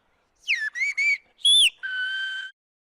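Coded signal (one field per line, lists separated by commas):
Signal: whistled language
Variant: whistled Occitan of Aas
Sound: five short whistled segments, gliding pitch then a long steady tone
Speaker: mais pour les passionnés rien ne vaut siffler en plein air dans l'espoir bientôt que des jeunes leur répondent de l'autre côté de la vallée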